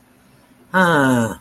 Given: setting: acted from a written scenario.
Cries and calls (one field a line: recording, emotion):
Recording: vocal sound without words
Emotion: contempt